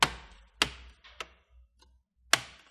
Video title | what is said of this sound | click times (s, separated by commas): FULL Liquid Metal Alienware 17 R4 GTX 1060 Repaste Grizzly | sure you hear those clicking sound first | 0.0 s, 0.6 s, 2.3 s